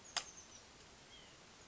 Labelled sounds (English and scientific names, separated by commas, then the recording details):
White-breasted Nuthatch (Sitta carolinensis)
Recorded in Sonoma County, California